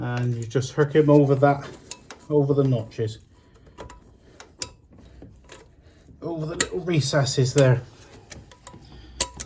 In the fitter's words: and he snaps in. There he goes. So that's snapped into place now.